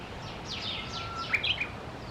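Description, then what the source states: Japanese bush warbler song: a faint drawn-out whistle, then a short burst of bright accented notes, with quick descending buzzy strokes and steady background hiss. Recorded on 24 March 2024.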